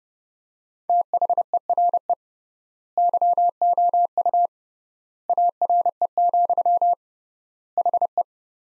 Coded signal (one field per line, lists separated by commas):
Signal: Morse code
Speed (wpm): 29 wpm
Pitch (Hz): 700 Hz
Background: none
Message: THERE YOU ARE, HE